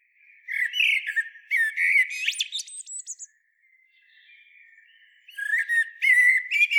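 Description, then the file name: Common blackbird song: a rich whistled warble breaking into high squeaky twittering, then a quiet pause with song before the next phrase begins. "Turdus merula"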